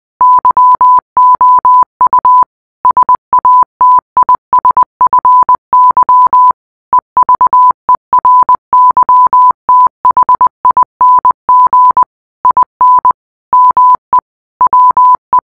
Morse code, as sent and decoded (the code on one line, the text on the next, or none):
-.-- --- ..- / ... .- - .. ... ..-. -.-- / . ...- . .-. -.-- - .... .. -. --. / .. -. / -- . / .-- .
YOU SATISFY EVERYTHING IN ME WE